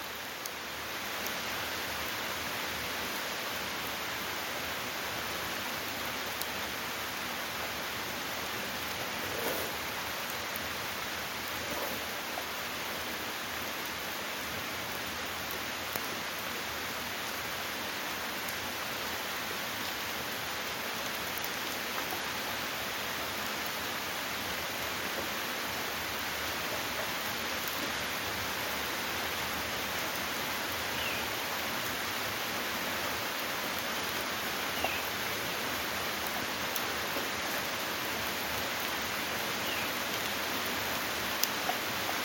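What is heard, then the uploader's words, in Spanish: Steady, dense rain falls over open countryside, a constant even hiss from low to bright with no pauses or changes in intensity. Sonido de la lluvia en el campo.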